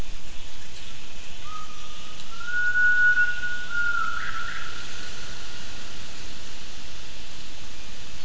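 Gibbon call: a single long, pure whistled note that rises slightly and then holds level, over constant loud hiss.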